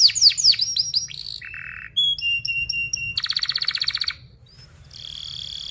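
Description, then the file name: Canary song: quick descending chirps, a low buzzy note, thin high whistles, then a fast rattling trill and a sustained buzzy roll. Gacor singing canary with fast, tight, sharp rolling chirps (speed rapat, cuit-cuit, ngerol tajam). "Suara Kenari Gacor Speed Rapat Cuit Cuit Ngerol Tajam"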